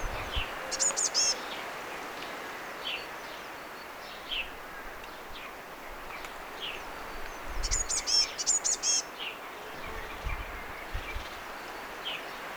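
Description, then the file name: Eurasian blue tit calling with two bursts of high, thin, rapidly repeated notes and scattered soft downslurred chips between them, against steady background hiss and occasional low thumps. "Cyanistes caeruleus"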